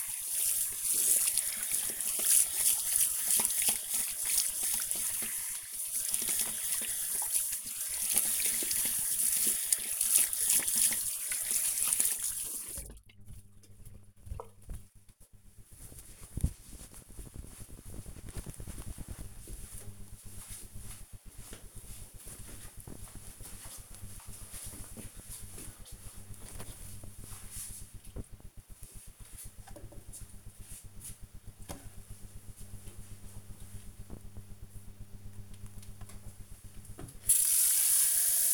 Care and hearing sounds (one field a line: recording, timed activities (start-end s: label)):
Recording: household activities, microphone on the right wrist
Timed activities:
0.00-14.29 s: washing hands
35.43-38.54 s: watering plant